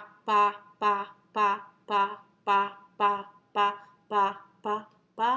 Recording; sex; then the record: repeated syllable /pa/; female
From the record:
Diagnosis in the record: healthy control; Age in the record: 60 years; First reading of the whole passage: 59 s, 7.9 characters per second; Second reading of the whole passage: 55 s, 8.5 characters per second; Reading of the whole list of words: 44 s, 6.4 characters per second